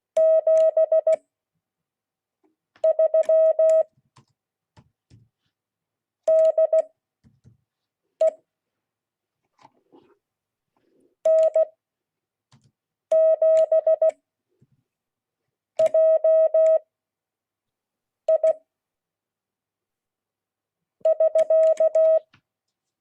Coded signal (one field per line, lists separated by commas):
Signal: Morse code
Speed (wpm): 16 wpm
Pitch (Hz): 640 Hz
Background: none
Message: 73 DE N7JI <SK>